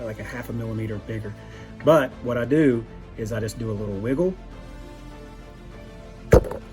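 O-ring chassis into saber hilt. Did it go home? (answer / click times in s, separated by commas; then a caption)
yes / 6.3 s. Someone talks over background music while a shock-absorber chassis fitted with o-rings is wiggled and pushed into a saber hilt. A sharp pop at 6.3 s marks the chassis seating in the hilt.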